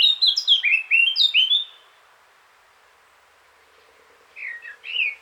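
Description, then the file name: Eurasian blackcap song: a short run of loud, mellow whistled notes sliding downward, followed after a pause by the quieter start of another phrase. "Sylvia atricapilla"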